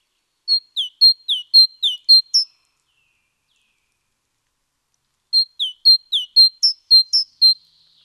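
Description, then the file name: Great tit calls: two bursts of about eight sharp, high, clipped notes delivered rapidly, separated by a few seconds of silence. "Parus major"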